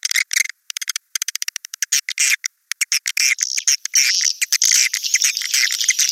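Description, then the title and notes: Swiftlet chirping calls, a fast series of separate sharp clicks that merges after a few seconds into a continuous high twittering chatter. Sound used in swiftlet farming in Asia. "Swiflet Bird Sound. Farming Swiflet Bird asia sound"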